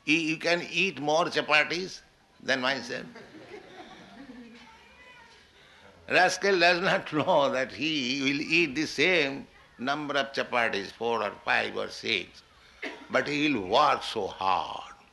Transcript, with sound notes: you can eat more capātīs than myself? [laughter] Rascal does not know that he will eat the same number of capātīs, four or five or six, but he'll work so hard.